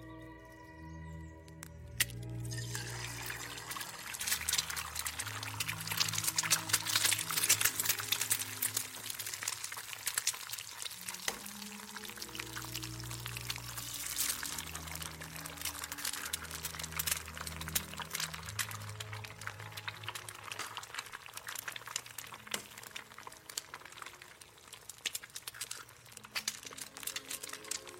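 A kitchen with cooking under way while old music plays, its low bass and melody notes shifting steadily throughout. From about two seconds a constant sizzling or pouring hiss fills the top, dense and crackly, with small clicks and knocks scattered across the clip.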